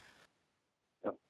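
A single short, grunting cough from an adult over a phone line, after a brief burst of line hiss.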